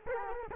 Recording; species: mosquito wingbeat signal from an infrared sensor; Culex quinquefasciatus